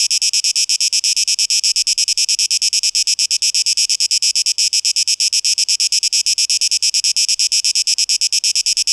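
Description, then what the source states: Cicada giving a continuous pulsing high buzz, rhythmic and unbroken for the whole span. Cicadas, 12 August 2023.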